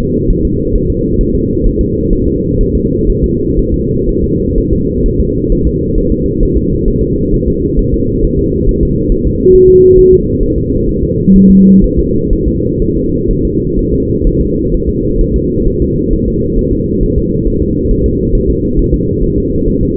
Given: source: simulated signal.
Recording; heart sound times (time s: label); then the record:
fetal heart sounds
0.00 s: S2
0.31 s: S1
0.45 s: S2
0.75 s: S1
0.90 s: S2
1.21 s: S1
1.35 s: S2
1.67 s: S1
1.81 s: S2
2.13 s: S1
2.28 s: S2
2.61 s: S1
2.75 s: S2
3.09 s: S1
3.24 s: S2
3.59 s: S1
3.74 s: S2
4.09 s: S1
4.24 s: S2
4.58 s: S1
4.73 s: S2
5.06 s: S1
5.20 s: S2
5.52 s: S1
5.67 s: S2
5.98 s: S1
6.12 s: S2
6.43 s: S1
6.57 s: S2
6.88 s: S1
7.03 s: S2
7.34 s: S1
7.48 s: S2
7.79 s: S1
7.94 s: S2
8.24 s: S1
8.39 s: S2
8.69 s: S1
8.83 s: S2
9.12 s: S1
9.27 s: S2
9.55 s: S1
9.70 s: S2
9.99 s: S1
10.13 s: S2
10.43 s: S1
10.58 s: S2
10.89 s: S1
11.03 s: S2
11.36 s: S1
11.50 s: S2
11.84 s: S1
11.99 s: S2
12.33 s: S1
12.48 s: S2
12.82 s: S1
12.97 s: S2
13.31 s: S1
13.45 s: S2
13.79 s: S1
13.94 s: S2
14.27 s: S1
14.41 s: S2
14.74 s: S1
14.89 s: S2
15.21 s: S1
15.36 s: S2
15.68 s: S1
15.82 s: S2
16.13 s: S1
16.28 s: S2
16.59 s: S1
16.73 s: S2
17.03 s: S1
17.18 s: S2
17.47 s: S1
17.62 s: S2
17.91 s: S1
18.06 s: S2
18.35 s: S1
18.50 s: S2
18.79 s: S1
18.94 s: S2
19.24 s: S1
19.38 s: S2
19.69 s: S1
19.83 s: S2
From the record:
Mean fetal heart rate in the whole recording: 130 bpm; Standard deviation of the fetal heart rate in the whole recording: 4 bpm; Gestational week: 38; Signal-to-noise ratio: -10.2 dB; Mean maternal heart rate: 72 bpm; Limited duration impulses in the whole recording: present